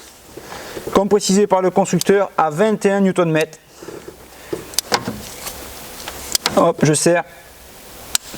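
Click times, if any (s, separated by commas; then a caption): 8.2 s. A torque wrench set to the maker's value of about 21.8 Nm tightens the timing belt tensioner nut while the tensioner is held. Someone talks, and a few sharp knocks come between about 4.7 and 6.5 s. The wrench then gives a single sharp click at 8.2 s, which confirms the nut is tightened to torque.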